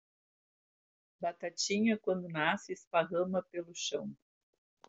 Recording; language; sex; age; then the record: short text; Brazilian Portuguese; female; 60 to 69 years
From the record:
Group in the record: control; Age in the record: 66 years